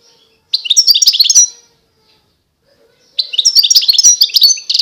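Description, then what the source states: European goldfinch singing two quick phrases of bright twittering and tinkling notes, separated by a silent gap of nearly two seconds. Wild bird singing.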